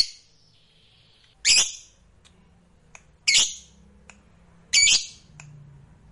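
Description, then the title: Lovebird sounding three harsh squawks spaced about 1.6 seconds apart, preceded by a short warbled whistle. Fighter lovebird singing energetically (gacor). "Berkat SUARA Lovebird FIGHTER GACOR Ini"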